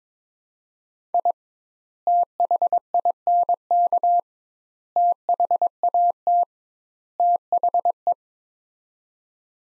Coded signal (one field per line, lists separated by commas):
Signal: Morse code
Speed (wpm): 22 wpm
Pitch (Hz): 700 Hz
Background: none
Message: I THINK THAT THE